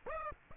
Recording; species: mosquito wingbeat signal from an infrared sensor; Aedes aegypti